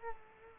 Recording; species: mosquito wingbeat signal from an infrared sensor; Culex quinquefasciatus